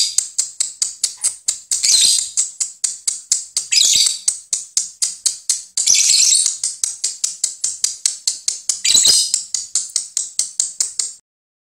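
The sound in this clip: Lovebird chattering: quick high ticks punctuated by three or four loud harsh squeals, stopping suddenly near the end.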